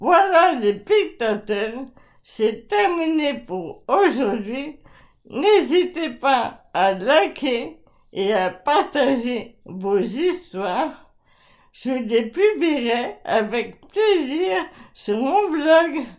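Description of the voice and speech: Slow, effortful French speech from a 40-year-old woman, with stretched vowels, frequent pauses and imprecise consonants: dysarthria from Charcot disease (amyotrophic lateral sclerosis), her voice severely affected and her articulation worsening little by little.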